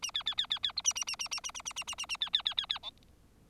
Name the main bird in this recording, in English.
Bengalese Finch